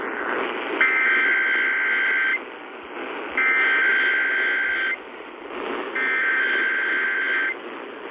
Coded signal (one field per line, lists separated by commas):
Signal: Emergency Alert System (SAME) tones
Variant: header bursts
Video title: KDKA Weekly EAS 853